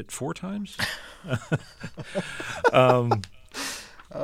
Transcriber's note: soundbite of laughter